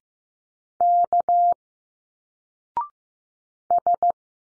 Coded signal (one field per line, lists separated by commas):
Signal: Morse code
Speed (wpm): 15 wpm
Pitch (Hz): 700 Hz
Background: none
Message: K S